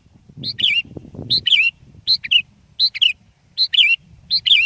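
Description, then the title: Sooty-headed bulbul song: six quick bubbly phrases, each a short clear note followed by a liquid warble, delivered in steady succession over a low background rumble. "kutilang"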